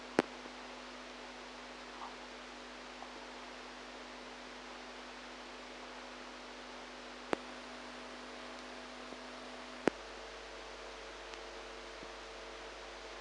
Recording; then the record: brain microelectrode recording played as sound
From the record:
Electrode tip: outside the subthalamic nucleus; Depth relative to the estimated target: 3 mm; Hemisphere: right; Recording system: NeuroSet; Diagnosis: Parkinson's disease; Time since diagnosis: 8 years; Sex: female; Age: 45 years